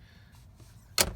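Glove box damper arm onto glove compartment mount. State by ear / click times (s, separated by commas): seated / 1.0 s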